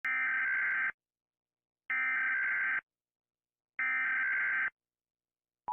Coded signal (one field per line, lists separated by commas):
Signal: Emergency Alert System (SAME) tones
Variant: header bursts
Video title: Rating EAS Alarms coz everyone else is (Part 1)